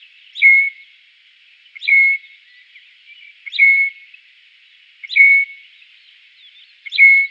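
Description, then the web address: Southern Grey Shrike song: a clipped note dropping into a drawn-out whistle, repeated several times over steady background hiss. "Schulze Peter Southern Grey Shrike song"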